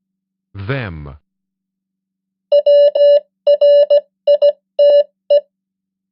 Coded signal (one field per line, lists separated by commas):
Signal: Morse code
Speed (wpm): 17 wpm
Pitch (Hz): 580 Hz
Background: speech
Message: WRITE